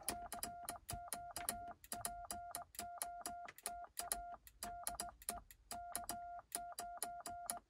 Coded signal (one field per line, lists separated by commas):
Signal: Morse code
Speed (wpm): 21 wpm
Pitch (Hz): 700 Hz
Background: none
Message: CQ POTA DE K9